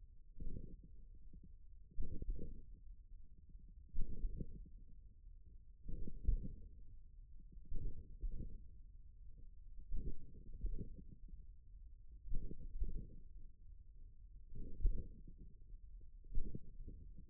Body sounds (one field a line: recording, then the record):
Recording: forearm muscle sounds (acoustic myography)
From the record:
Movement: tripod grip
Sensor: system 1, eight BSWA MPA416 microphones around the upper forearm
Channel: 6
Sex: male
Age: 41 years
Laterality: right